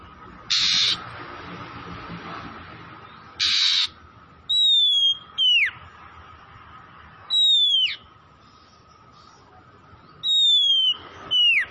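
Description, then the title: Oriental magpie-robin giving harsh raspy notes and long descending whistles, irregularly spaced, over a soft steady hum. Tretes, singing vigorously (gacor). "Kacer Tretes"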